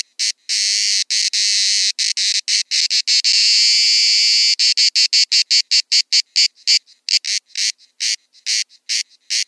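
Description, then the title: Grey cicada song: a rapid train of sharp clicking pulses merging into a continuous rasping buzz, then breaking up again into separated ticks toward the end. Several grey cicadas meeting; Buoux, Vaucluse, in June 2004. "Sylvain Jaskowiak - Animus. Rencontre de cigales grises - Buoux, Vaucluse - juin 2004"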